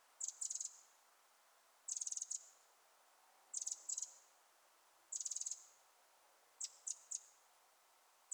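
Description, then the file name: Eurasian wren uttering high, metallic ticking rattles, often split into double bursts, coming about every one and a half seconds against faint hiss. "Troglodytes troglodytes"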